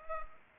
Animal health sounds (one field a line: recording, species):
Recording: mosquito wingbeat signal from an infrared sensor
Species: Culex pipiens